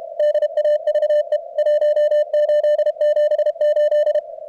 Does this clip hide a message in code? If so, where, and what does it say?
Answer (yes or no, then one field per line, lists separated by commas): yes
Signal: Morse code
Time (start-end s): 0.2-4.2 s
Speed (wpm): 32 wpm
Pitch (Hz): 590 Hz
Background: none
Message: DAVE 1878